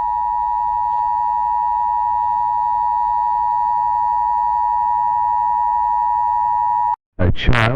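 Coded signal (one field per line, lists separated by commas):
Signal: Emergency Alert System (SAME) tones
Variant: 853 and 960 Hz attention tone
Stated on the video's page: Fictional EAS scenario using valid EAS tones.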